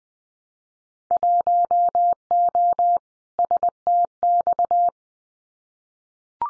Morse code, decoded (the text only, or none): 1O STX